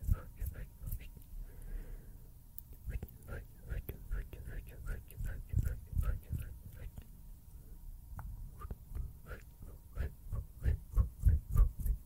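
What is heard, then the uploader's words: Wet mouth sounds fill the clip: quick clicks and smacks arriving several times a second in an uneven but steady rhythm. Soft low rustling from hand movements runs underneath, and a faint whispery breath surfaces near two seconds. The clicks grow louder toward the end. PLUCKING, VISUAL TRIGGERS, MOUTH SOUNDS, HAND MOVEMENTS.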